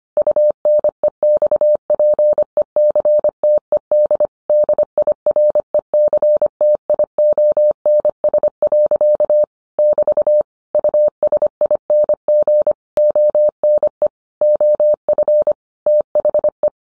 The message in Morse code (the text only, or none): UNEXPECTED DIRECTIONS. <BT> USING ONE OF THE